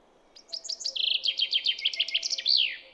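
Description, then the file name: Common chaffinch singing one rattling phrase: high chips, a steady trill, then a descending run closing with a loud falling flourish. "Fringilla coelebs"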